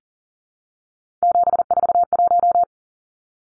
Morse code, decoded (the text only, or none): 741